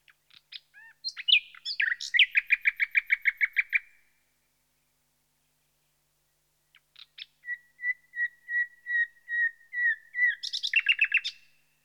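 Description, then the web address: Common nightingale song: two phrases, each opening with scattered notes and swelling into a rapid, loud repeated throbbing series, separated by about three seconds of silence. "BBC Sound Effects Library. Nightingale"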